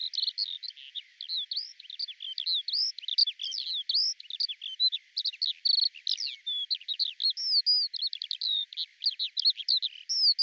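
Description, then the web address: Eurasian skylark pouring out a long, breathless run of high chirps, slurs and trills, steady in pace throughout. "cianscape birddata Deverinetal 2025 Bird Al Ar"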